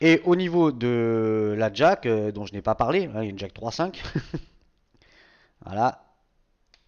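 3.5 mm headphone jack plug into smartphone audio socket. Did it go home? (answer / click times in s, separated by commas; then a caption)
yes / 6.7 s. A 3.5 mm headphone jack plug is pushed into the audio socket of a THL T7 smartphone while someone talks. After a brief pause, the plug seats with a short, sharp click at 6.7 s and holds firmly without moving.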